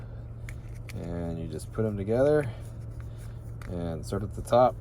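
Someone talks while holding the two plastic case halves of a 2023–2024 Hyundai Elantra remote key fob, putting them together after the battery replacement and starting at the top. A few faint handling taps are heard under the voice, but nothing has snapped or clicked into place yet.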